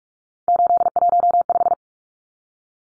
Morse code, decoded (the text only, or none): 815